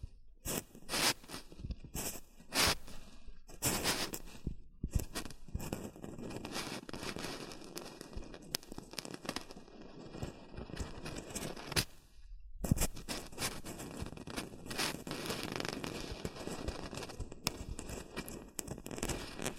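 Shredded tissue and packing peanuts are handled, making a dense, bright crinkling and rustling with sharp crackly snaps, heaviest in the first few seconds. The handling runs almost without pause, briefly dropping nearly silent just before the 12-second mark, then resumes steadily.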